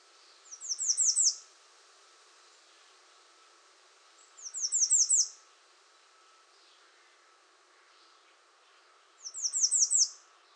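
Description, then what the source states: American redstart song: short high-pitched phrases of five or six quick downslurred notes, repeated every four to five seconds, with a faint steady hum beneath. Recorded 21 June 2019.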